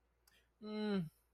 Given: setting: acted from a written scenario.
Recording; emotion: vocal sound without words; neutral